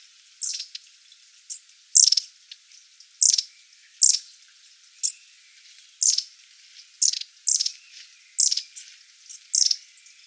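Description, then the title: Long-tailed tit calls, a busy run of short, high, buzzy notes repeated about every half second to second. "Sylvain Jaskowiak - Mes piafs. Mésanges à longue queue"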